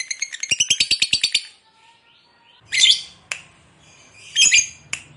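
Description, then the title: Lovebird chatter: a short burst of rapid, shrill notes, then a quiet gap broken by loud, harsh squawks and sharp clicks. Fighter lovebird singing energetically, in the gacor style. "Berkat SUARA Lovebird FIGHTER GACOR Ini"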